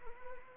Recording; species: mosquito wingbeat signal from an infrared sensor; Anopheles arabiensis